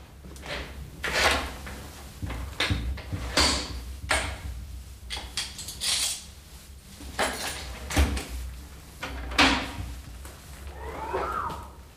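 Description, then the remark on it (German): The heavy steel door of a strongroom is worked open: a series of loud metallic clunks and bolts shifting over a low rumble, ending in a drawn-out creaking squeal. No one speaks. “Damit Sie sehen, wie dick die Tür und die Wände der Stahlkammer sind.”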